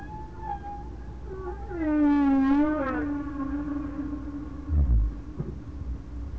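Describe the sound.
Whale moan: a long wavering harmonic tone that swells, dips and then holds steady and faint, followed by a short low grunt.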